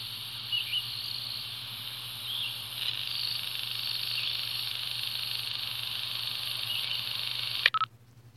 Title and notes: Nebraska Conehead Katydid by Christie Mullen